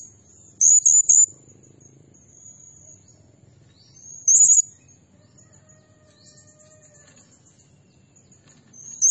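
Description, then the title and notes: Blue-crowned hanging parrot calling with a cluster of three very high squeaky notes, then single shrill trills spaced several seconds apart. Tutor (masteran) and lure (pemikat) recording of an actively calling (gacor) bird, described as 'nembak' (shooting notes) and said to agitate all birds. "Burung Serindit Nembak Gacor Bikin Emosi Semua Burung. Suara Nasteran Dan Pemikat Burung Serinditan Gacor"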